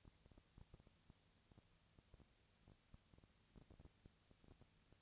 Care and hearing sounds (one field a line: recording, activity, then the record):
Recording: daily activity, microphone in the room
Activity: no activity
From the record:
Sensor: 3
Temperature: 20.4 degrees Celsius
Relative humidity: 34.4%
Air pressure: 997.1 hPa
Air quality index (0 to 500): 205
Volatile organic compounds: 68 ppm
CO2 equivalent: 3500 ppm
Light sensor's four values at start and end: 2/3/2/2 and 2/3/2/2